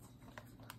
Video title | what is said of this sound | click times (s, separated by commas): Update 8 #startrek 350 Scale Enterprise Refit - Nacelle work, Docking Bay Door, Saucer wrap-up | obviously this will click in there and it will uh | 0.4 s, 0.7 s